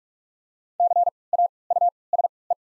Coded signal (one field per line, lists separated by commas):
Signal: Morse code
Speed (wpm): 46 wpm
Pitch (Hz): 700 Hz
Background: none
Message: C A U S E